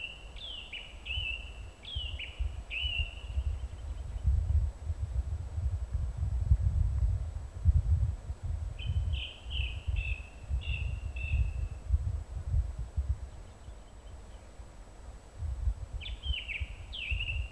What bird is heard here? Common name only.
Song Thrush